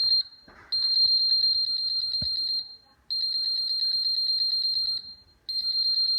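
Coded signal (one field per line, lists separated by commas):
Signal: alarm pattern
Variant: 3DR Solo quadcopter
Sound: high-pitched rapid beeping, about ten per second, in long bursts with brief pauses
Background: faint room noise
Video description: After first flight and connection to mission planner, the Solo will not stop beeping.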